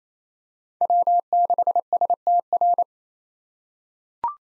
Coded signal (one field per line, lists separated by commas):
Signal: Morse code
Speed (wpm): 27 wpm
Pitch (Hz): 700 Hz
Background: none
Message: W6STR